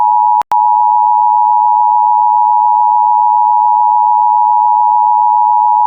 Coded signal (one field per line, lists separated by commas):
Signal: Emergency Alert System (SAME) tones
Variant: 853 and 960 Hz attention tone